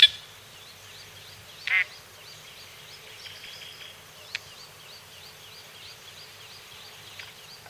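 Crested drongo uttering a loud, grating rasp, with a persistent series of quick upward-flicking high notes behind it.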